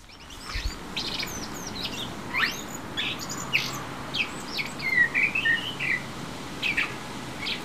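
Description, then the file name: Common blackbird calls: scattered short high chirps and thin notes, then a brief warbled phrase midway, over a steady hiss of background noise. "Turdus merula"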